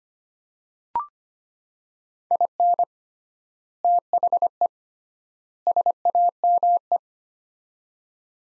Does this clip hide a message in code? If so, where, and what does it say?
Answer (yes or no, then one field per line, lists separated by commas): yes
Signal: Morse code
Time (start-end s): 2.3-7.0 s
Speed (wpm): 25 wpm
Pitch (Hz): 700 Hz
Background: none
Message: IN THE SAME